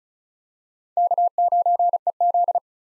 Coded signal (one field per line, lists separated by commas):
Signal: Morse code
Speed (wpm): 36 wpm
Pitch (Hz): 700 Hz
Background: none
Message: K9EZ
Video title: 2023 SOTA Chaser Call Signs - 35wpm